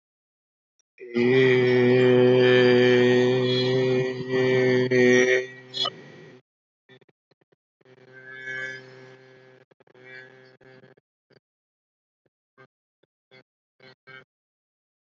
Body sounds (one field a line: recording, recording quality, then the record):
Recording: sustained vowel as in made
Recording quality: excellent, no background noise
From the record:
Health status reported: healthy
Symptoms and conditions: cough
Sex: male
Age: 26 years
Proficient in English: yes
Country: India